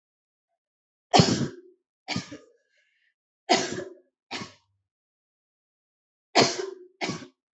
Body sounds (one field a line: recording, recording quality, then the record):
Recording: heavy voluntary cough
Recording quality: excellent, no background noise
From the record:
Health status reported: healthy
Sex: female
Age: 22 years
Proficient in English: yes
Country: India